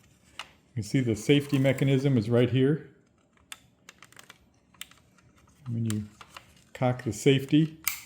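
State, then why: Not seated. Someone talks while handling the safety catch on a partly disassembled plastic salt-shooting toy gun, where the safety works against a small cog held back by a spring. A short burst of sharp, faint ticks comes between talking, but the safety has not yet clicked into its cog and nothing has seated by the end of the clip.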